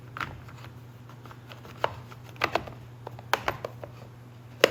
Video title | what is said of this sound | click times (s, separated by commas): Stihl MS250 Chainsaw: Sat for Years, Clean out Tank, Tear Carburetor Apart | Make sure it clicks into place. | 3.3 s